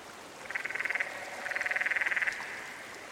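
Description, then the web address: Canyon frog producing two steady, rapidly pulsed trills, the second longer, over a soft lower rattle. "Dan Gibson's Solitudes Frog Song. Canyon Frog"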